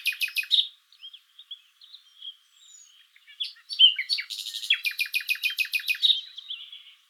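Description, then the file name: Common nightingale singing quick repeated notes, then soft quiet phrases, followed by a long loud run of rapid rhythmic notes. "Luscinia megarhynchos"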